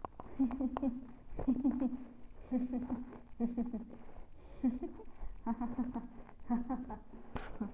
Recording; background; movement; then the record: laughter; quiet; sitting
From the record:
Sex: female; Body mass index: 22.6 kg/m2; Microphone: on the chest, facing the body